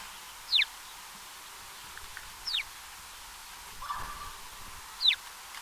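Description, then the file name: House sparrow calls: three short, sharp chirps dropping in pitch, a few seconds apart, with a brief low rustle or thump between the last two. "Passer domesticus"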